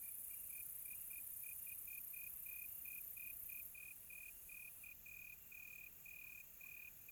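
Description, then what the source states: Crickets calling, one voice giving short regular chirps in quick succession over a continuous high-pitched insect chorus. Crickets on a quiet tropical night, recorded close.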